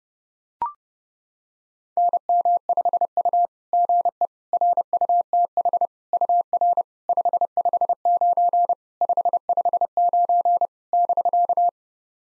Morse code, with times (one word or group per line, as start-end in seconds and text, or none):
2.0-3.5 NM5U
3.7-4.3 GE
4.5-5.9 RUTH
6.1-6.8 UR
7.1-8.7 559
9.0-10.7 559
10.9-11.7 <BK>